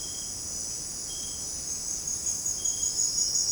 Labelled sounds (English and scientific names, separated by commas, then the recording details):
none
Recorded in secondary vegetation near Puerto Asís, Putumayo, Colombia, on 8 March 2025 at 17:30
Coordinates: 0.485, -76.322
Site G040